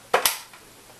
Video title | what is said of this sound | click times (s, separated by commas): Panasonic NI-WL600 Cordless Multi-Directional Iron, Stainless Steel Soleplate, Silver/Black | it snaps back in like so and | 0.1 s, 0.3 s